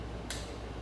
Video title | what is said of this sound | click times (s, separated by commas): The Grey Beard Biker installs Stage 1 high flow air cleaner. | just let it pop that's it it's already and we're done | 0.3 s